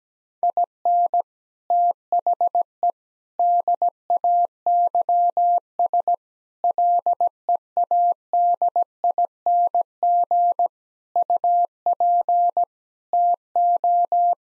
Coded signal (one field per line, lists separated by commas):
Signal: Morse code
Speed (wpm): 17 wpm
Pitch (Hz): 700 Hz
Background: none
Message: IN THE DAYS LEADING UP TO